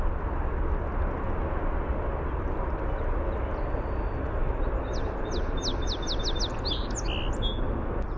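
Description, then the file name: Song sparrow song arriving late, a quick run of repeated sharp notes followed by a jumbled ending, set against a strong low background rumble. "SOSP song"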